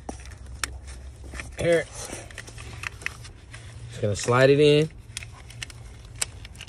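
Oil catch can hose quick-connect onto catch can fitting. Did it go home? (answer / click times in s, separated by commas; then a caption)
yes / 6.2 s. The bottom hose of a JLT oil catch can kit on a 2010 LS3 SS Camaro is slid onto the can's fitting while someone talks, with small handling clicks and taps throughout. The plastic quick-connect snaps home with a sharp click at 6.2 s, seating the hose on the catch can.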